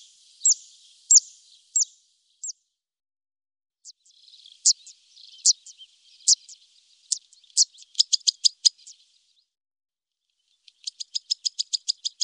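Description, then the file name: Zitting cisticola calls: sharp, high clicking notes, first spaced singly, then in quick rattling bursts, with pauses between. "Grassangare"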